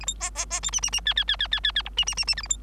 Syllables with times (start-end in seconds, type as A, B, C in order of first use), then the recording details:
0.00-0.05 A, 0.07-0.14 B, 0.20-0.30 C, 0.35-0.45 C, 0.50-0.60 C, 0.62-0.71 D, 0.72-0.81 E, 0.82-0.91 E, 0.92-1.01 E, 1.05-1.14 F, 1.16-1.24 F, 1.28-1.36 F, 1.39-1.47 F, 1.51-1.60 F, 1.63-1.72 F, 1.75-1.82 F, 1.85-1.90 G, 1.97-2.05 E, 2.06-2.15 E, 2.17-2.25 E, 2.27-2.35 E, 2.37-2.42 H, 2.42-2.47 A, 2.49-2.57 B. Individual Bird3